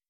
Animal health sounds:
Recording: hydrophone in a shrimp aquaculture tank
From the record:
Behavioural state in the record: weakened

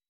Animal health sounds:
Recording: hydrophone in a shrimp aquaculture tank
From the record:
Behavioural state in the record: weakened

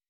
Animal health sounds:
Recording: hydrophone in a shrimp aquaculture tank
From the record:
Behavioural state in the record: weakened

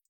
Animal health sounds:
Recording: hydrophone in a shrimp aquaculture tank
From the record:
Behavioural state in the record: feeding

